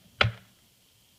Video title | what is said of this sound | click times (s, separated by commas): Traxxas Slash 4x4 - how to convert to LCG detailed level 1 upgrade | make sure that the chassis snaps into place | 0.2 s